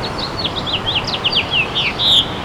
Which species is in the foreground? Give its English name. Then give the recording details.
House Finch. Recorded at Bay Shore on Long Island, New York, on 29 May 2013. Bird E